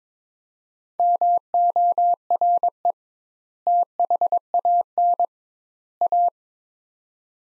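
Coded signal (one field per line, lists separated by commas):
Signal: Morse code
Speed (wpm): 22 wpm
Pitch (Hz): 700 Hz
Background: none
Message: MORE THAN A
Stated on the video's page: Morse practice of three-word sets at 22 wpm with 2x word spacing, a Farnsworth-like method applied to words, each sent then spoken.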